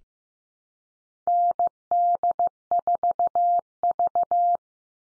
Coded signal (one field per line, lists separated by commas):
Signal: Morse code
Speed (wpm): 15 wpm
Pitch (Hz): 700 Hz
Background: none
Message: ND4V